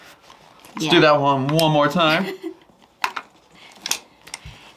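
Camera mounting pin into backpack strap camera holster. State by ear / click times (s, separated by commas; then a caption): seated / 3.0 s. Someone talks, then a camera's mounting pin is pushed into the groove of a plastic/metal Spider X Backpacker Kit backpack-strap holster. A sharp snap at 3.0 s marks it locking into place, and a few quieter clicks follow. The pin is seated and locked in the holster.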